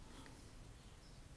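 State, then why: Not seated. An iPhone 11 64GB in an OtterBox rugged case is handled against a plastic belt-clip holster, with only a steady, quiet low-frequency rumble and faint handling noise and no sharp transients. Nothing has seated or clicked yet; the phone has not snapped into the holster.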